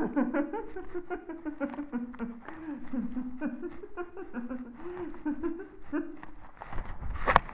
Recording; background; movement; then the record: laughter; quiet; sitting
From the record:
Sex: female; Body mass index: 36.4 kg/m2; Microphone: on the chest, facing the body